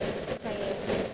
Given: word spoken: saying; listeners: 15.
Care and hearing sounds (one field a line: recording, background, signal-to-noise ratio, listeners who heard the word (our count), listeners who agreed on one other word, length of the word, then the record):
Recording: one English word in noise, from a listening test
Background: noise modulated by three-talker babble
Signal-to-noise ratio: -6.9 dB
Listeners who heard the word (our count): 2 of 15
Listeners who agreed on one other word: 9 of 15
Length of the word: 0.74 s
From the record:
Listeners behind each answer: 9, 2, 2, 1, 1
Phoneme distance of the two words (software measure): 17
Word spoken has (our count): 2 syllables, 4 phonemes, stress on syllable 1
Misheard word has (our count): 1 syllable, 3 phonemes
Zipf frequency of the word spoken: 5.56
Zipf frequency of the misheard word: 4.17